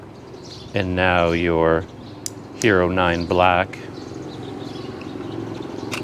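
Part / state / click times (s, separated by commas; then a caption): action camera into protective cage / seated / 5.9 s. Someone talks as a GoPro Hero 9 Black action camera is slid into a plastic protective cage. A short, sharp click at 5.9 s marks the camera snapping into place, seated in the cage.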